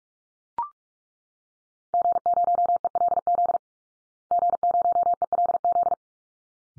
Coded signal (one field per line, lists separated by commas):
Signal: Morse code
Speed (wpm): 44 wpm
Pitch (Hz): 700 Hz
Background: none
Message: G0ELZ G0ELZ